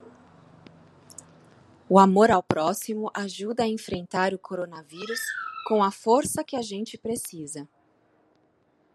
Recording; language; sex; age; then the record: spoken sentence; Brazilian Portuguese; female; 30 to 39 years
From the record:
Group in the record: control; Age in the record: 36 years